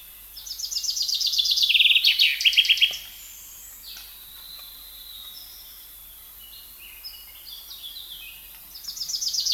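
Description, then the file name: Common chaffinch song: bright descending trill of quick notes ending in a flourish, about two and a half seconds long, then a pause and the next phrase starting. "Fringilla coelebs"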